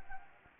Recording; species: mosquito wingbeat signal from an infrared sensor; Anopheles gambiae